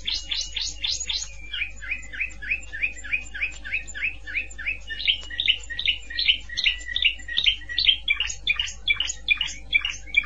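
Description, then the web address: Canary song of rapid repeated notes in regular rolling tours, over a steady low hum. "honarfardi Canary Sound"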